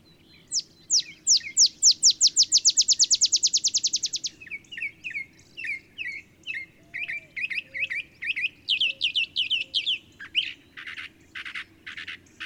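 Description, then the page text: Olive sparrow song: a series of sharp descending notes speeding into a trill, then other chirping notes in repeated phrases. Simple song likened to a field sparrow's bouncing-ball song, though less mellow and melancholy; early morning in Texas, 50 miles north of the Mexican border. "Olive sparrow. Recording early morning just 50 miles north of the Mexican border in Texas"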